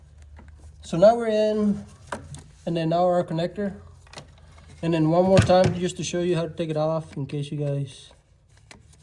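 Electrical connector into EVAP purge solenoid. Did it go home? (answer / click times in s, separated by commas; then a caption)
no / none. An electrical connector is handled at the EVAP purge solenoid of a 2019 Chevy Traverse during a P0496 code diagnosis and fix, with faint taps between stretches of someone talking. The connector has not clicked in yet; nothing has seated by the end of the clip.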